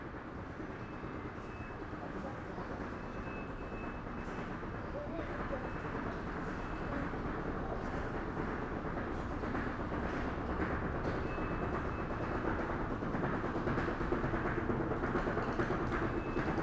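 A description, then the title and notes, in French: Avignon railway station: a dense, steady rumble of train and crowd noise that swells gradually louder, with faint voices and occasional clanks. Gare d'Avignon.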